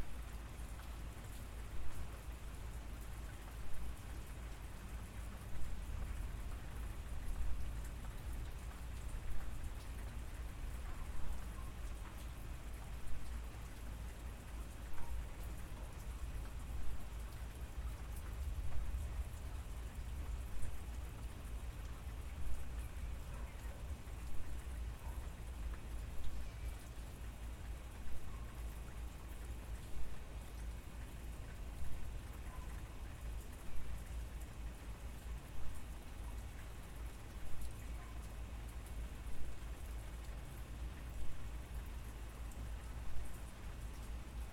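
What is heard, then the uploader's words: Gentle rain falls steadily throughout, a dense, even hiss of drops with a low rumble underneath. Small brighter taps and pings, like drops striking tin, pop up irregularly every second or two, with slight swells in loudness but no real change in pace. Gentle Rain and Tin Sounds.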